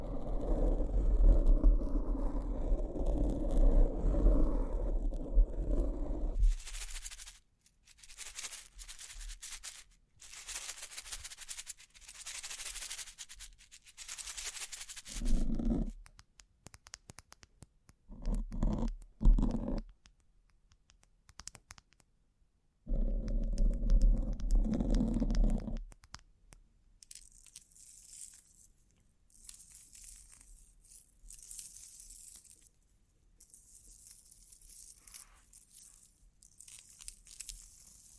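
Bling triggers: muffled low rubbing alternates with bursts of bright crinkly scratching, then thin, high jingling taps carry the last ten seconds.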